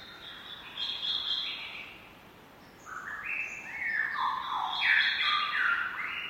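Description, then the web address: Lyrebird squawking: rasping, grating calls, a brief lull, then a louder, denser run of harsh overlapping notes. Several lyrebirds squawking. "lyrebirds squaking. lyrebirds squeaking"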